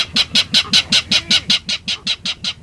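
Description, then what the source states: California clapper rail clatter: a rapid series of harsh, jolting notes, around five each second, growing slightly softer toward the end. Loud clatter of jolting notes, like a small engine cranking up, from dense vegetation in a salt marsh near San Francisco Bay; endangered.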